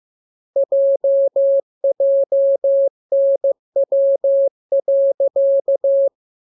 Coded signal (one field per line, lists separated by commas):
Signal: Morse code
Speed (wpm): 15 wpm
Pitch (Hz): 550 Hz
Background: none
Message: JJNW.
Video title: Learning Morse Code. Lesson 15. Letter KMURESNAPTLWI.JZ